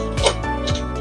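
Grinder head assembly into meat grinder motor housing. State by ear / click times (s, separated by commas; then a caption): not seated / none. A grinder head assembly, with the blade in place, is pressed by hand into the motor housing of a Raf R 3368 2500W meat grinder. Two soft low thumps of handling are heard around 0.2 and 0.7 seconds over a steady background hum. Nothing has seated or locked yet.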